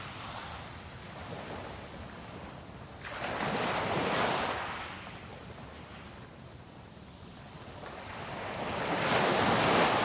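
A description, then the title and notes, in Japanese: Ocean waves roll in and wash out, swelling loudest near four seconds and again at the end, with a steady rushing hiss between. 海の声。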